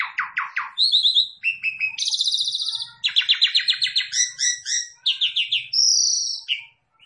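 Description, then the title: Javan pied starling calls, a rapid varied run of harsh chattering notes, buzzy trills and bright whistled phrases at changing pitches. Lure call, meant to make another bird start calling right away. "Pancingan Jalak Suren Langsung Bunyi"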